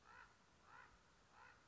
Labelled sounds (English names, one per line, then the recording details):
Common Raven
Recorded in Sonoma County, California